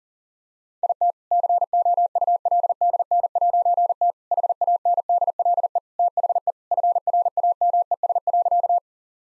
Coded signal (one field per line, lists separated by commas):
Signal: Morse code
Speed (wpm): 40 wpm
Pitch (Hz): 700 Hz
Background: none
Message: IT COULDN'T HANDLE THE FRAMES.